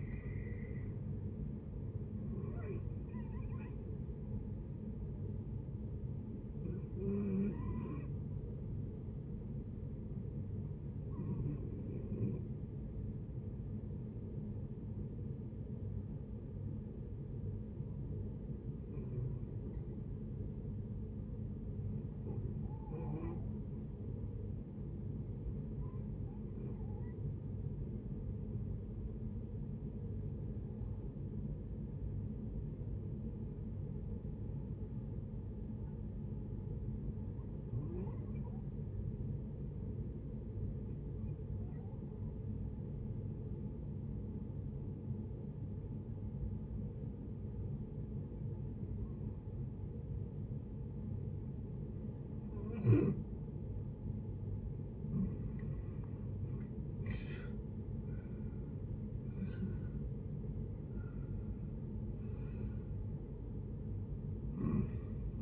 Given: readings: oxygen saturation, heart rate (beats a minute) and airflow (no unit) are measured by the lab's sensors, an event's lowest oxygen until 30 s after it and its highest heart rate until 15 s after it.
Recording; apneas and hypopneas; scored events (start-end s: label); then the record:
breathing in sleep by a smartphone at the bedside; 1
11.00-52.60 s: hypopnea (REM, oxygen 93% highest, then 69% lowest, heart rate 74 at the start, 84 highest)
From the record:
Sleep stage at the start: REM sleep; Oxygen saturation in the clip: 73 to 93%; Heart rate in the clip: 58 to 84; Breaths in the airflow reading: 17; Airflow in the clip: -10.9 to 13.6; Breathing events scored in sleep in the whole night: 496 in 5.4 hours asleep